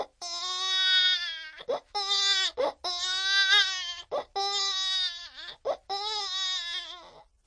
Cute baby cry.